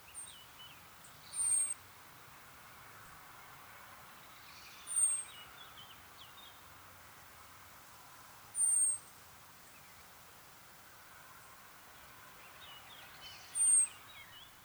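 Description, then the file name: Common blackbird giving four thin, high, slightly descending call notes, spaced a few seconds apart, over a steady background hiss. "Turdus merula"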